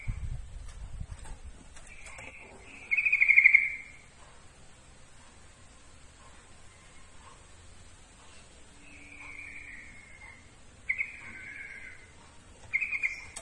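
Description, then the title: Yellow-vented bulbul song in short, bubbly trilled phrases separated by pauses of varying length, with some low rumbling noise at the start. Trucukan song, for masteran training. "Masteran Suara Trucukan"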